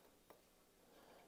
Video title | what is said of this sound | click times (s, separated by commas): Full Process Building an AR Lower! | it will lock and now it's locked into place so it is installed | 0.3 s